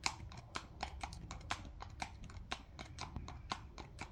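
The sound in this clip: Horse hoofbeats: quick clopping trotting steps over a steady low rumble.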